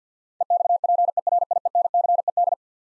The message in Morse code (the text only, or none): EXPERIENCED